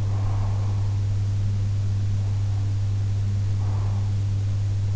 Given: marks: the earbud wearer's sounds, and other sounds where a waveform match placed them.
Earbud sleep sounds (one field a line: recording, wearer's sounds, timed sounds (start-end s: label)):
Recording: sounds in sleep by an in-ear microphone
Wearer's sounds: breath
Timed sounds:
0.00-1.00 s: breath
3.57-4.05 s: breath